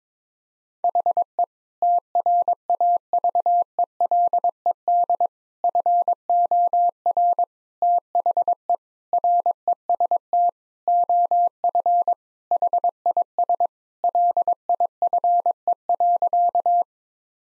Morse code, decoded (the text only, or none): HE TRAVELED FOR THE REST OF HIS LIFE.